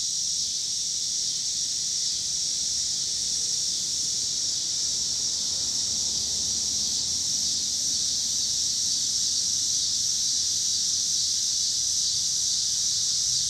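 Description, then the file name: Cicadas in a steady, high, hissing chorus that never breaks, with a low rumble of passing cars underneath. Cicadas with passing car traffic in Pittsburgh, Pennsylvania, on 26 August 2023. "2023-08-26 cicadas and cars Pittsburgh PA"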